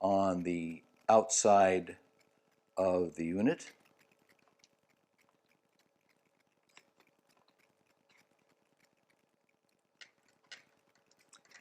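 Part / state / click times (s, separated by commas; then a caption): small unit onto outer housing of main device / not seated / none. A small unit is held in position against the outer housing of a main device, lined up before being pushed home. Someone talks at the start, followed by faint handling taps and small knocks. Nothing has clicked or seated yet.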